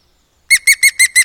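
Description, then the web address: Bird song: after a short silence, five clear, ringing notes repeated quickly and evenly. "madarak enek"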